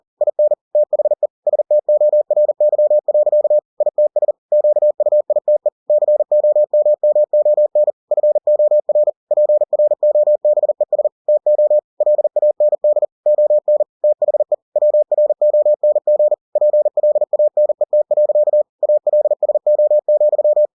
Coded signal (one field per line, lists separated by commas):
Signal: Morse code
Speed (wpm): 40 wpm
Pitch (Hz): 600 Hz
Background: none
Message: IN THE STORY. ITS QUITE COMMON FOR PROBES TO LAND ON THE WRONG PLANET. ALSO,